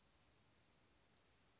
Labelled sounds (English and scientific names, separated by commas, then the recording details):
Western Flycatcher (Empidonax difficilis)
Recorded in Sonoma County, California